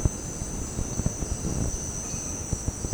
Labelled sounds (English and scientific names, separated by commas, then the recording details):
none
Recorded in dense forest near Puerto Asís, Putumayo, Colombia, on 19 February 2024 at 18:00
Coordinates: 0.486, -76.316
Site G6437